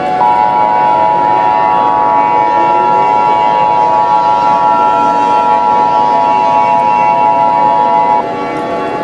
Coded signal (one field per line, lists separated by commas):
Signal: Emergency Alert System (SAME) tones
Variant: 853 and 960 Hz attention tone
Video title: Aphmau The Killer [An EAS Scenario]